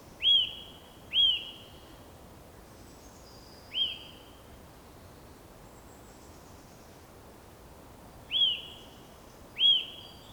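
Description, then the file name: Eurasian nuthatch giving five sharp whistled calls: two close together, a single one, a long pause, then two more. "Sitta europaea"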